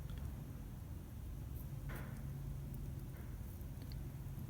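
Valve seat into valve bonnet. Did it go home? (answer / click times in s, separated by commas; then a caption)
no / none. A valve seat is turned to face the correct way and handled against a valve bonnet during a rebuild of a Robbins valve, with a steady low hum underneath and faint rustling and a couple of brief soft ticks around 2.7 and 3.9 seconds. Nothing has seated or clicked yet; the clip ends before the seat snaps into the bonnet.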